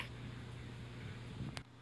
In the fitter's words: be sure to listen for the three Graco clicks one on the right one on the left and one on the back